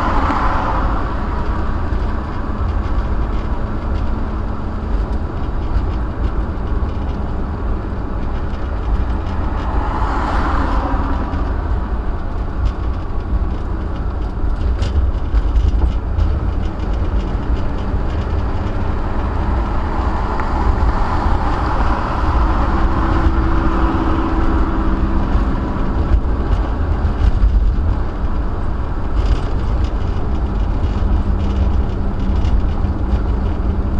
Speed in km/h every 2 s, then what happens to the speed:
72, 71, 72, 72, 64, 61, 63, 61, 64, 71, 76, 76, 77, 77, 68, 66, 66.
0-5 steady at about 72. 5-10 slows to 61. 10-15 steady at about 61. 15-20 speeds up to 76. 20-34 slows to 66.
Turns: none.